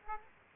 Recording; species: mosquito wingbeat signal from an infrared sensor; Aedes aegypti